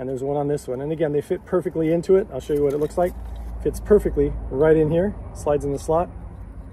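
A small plastic end-cap removal tool is being slid into its storage slot in the end cap of a pool brush. Someone talks throughout over a low, steady background rumble. Nothing has seated or clicked yet.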